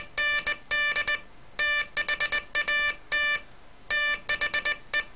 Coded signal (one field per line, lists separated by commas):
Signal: Morse code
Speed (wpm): 19 wpm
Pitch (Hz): 1750 Hz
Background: none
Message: ND THAT THE